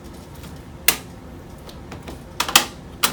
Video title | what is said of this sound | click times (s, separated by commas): Dell Inspiron 15 3000 SSD Upgrade | just push this back together make sure that all the clips snap into place | 0.9 s, 2.4 s, 2.6 s, 3.0 s